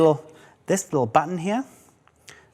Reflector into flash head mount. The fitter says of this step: press this down and it locks in and locks in like that when you press it back down